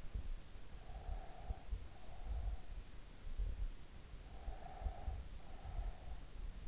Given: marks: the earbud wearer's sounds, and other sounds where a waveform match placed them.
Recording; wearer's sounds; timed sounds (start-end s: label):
sounds in sleep by an in-ear microphone; breath
0.49-2.76 s: breath
4.21-6.36 s: breath